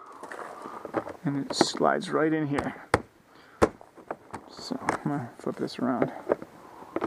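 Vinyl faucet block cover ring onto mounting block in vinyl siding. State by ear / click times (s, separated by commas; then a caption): not seated / none. Someone talks while handling a vinyl trim cover ring for a faucet mounting block set in vinyl shake siding, flipping it around before pushing it onto the block. Brief plastic handling taps and knocks sound between the talk. Nothing has seated or clicked yet; the cover is not yet home when the clip ends.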